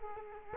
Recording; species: mosquito wingbeat signal from an infrared sensor; Culex quinquefasciatus